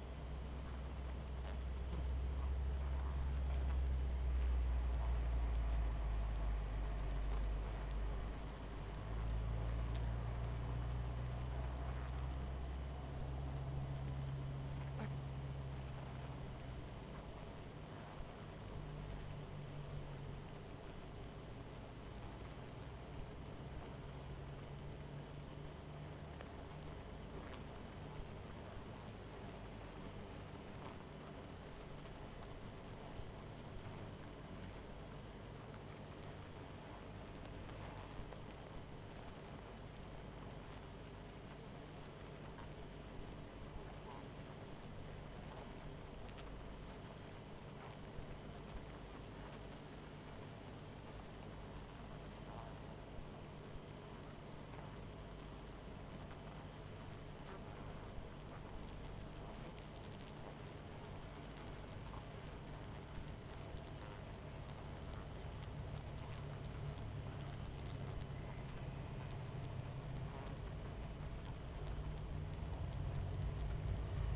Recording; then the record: honeybee colony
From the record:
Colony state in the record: missing queen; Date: 14 July 2017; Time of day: 21:05